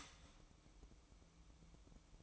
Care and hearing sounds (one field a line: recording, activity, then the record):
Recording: daily activity, microphone in the room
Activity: start toaster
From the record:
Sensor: 1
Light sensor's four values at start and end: 7/18/7/8 and 7/18/7/8